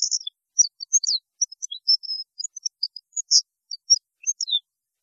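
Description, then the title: European goldfinch song, a rapid run of high twittering, tinkling notes, almost continuous. "Chant Chardonneret"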